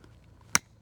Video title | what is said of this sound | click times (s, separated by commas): Off Grid Solar Gets REAL… Wiring 48 Panels - Mistakes Were Made! | Till it clicks. And that is it, guys. | 0.6 s